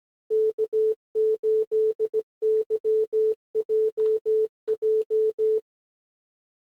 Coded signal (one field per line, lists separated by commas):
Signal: Morse code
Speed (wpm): 16 wpm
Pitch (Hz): 440 Hz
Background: none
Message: K8YJJ